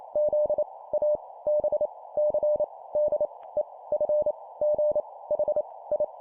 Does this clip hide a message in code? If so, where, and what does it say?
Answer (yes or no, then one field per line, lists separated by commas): yes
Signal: Morse code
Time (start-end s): 0.2-6.0 s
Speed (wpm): 28 wpm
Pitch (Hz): 600 Hz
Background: none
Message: Z A B C D E F G H I